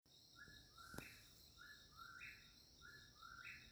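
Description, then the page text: Eastern whip-poor-will song, soft whistled phrases rising at the end, repeated three times in quick succession over a steady high hum. Recorded in Maryland. "Eastern Whip-poor-will by Dave Webb"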